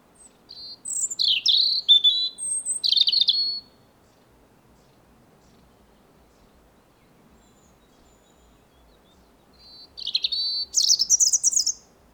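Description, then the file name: European robin song: a burst of varied high trills and sweet notes, a long silence, then another rapid twittering phrase. "Erithacus rubecula 240922"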